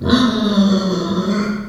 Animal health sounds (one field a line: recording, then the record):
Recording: squeal of a Yucatan mini pig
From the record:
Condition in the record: after surgery on the right vocal fold (resection and tissue-engineered implant)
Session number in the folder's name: 14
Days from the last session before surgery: 133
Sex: female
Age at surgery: 19 weeks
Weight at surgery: 25 kg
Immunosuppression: prednisolone